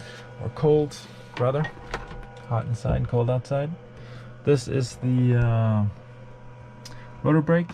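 Someone talks in the cockpit of an H125 (AS350B3e) helicopter while handling the rotor brake lever toward its cockpit detent, with a steady hum underneath. Nothing has seated or clicked yet; the lever has not locked in place by the end of the clip.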